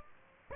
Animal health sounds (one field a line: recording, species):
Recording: mosquito wingbeat signal from an infrared sensor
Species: Aedes aegypti